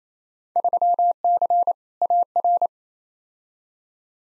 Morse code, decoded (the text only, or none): 3C AR